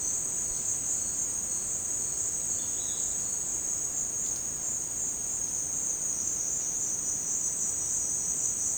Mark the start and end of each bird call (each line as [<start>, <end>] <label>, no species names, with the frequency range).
[2.51, 3.08] bird call (2.8-4.3 kHz)